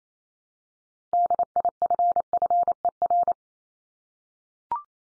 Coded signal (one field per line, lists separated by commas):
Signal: Morse code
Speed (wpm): 28 wpm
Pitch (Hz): 700 Hz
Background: none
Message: DIFFER